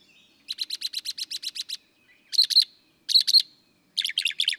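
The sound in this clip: Northern mockingbird singing a rapid string of clipped high notes, then repeated short chirping phrases separated by short pauses.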